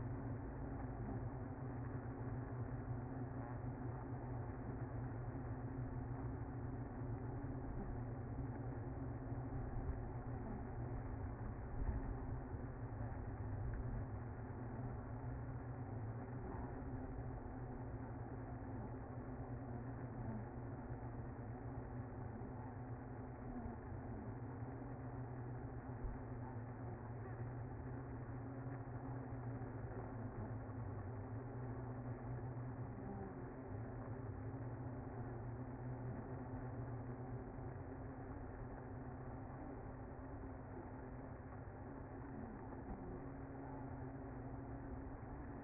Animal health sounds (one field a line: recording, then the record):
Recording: honeybee colony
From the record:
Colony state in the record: active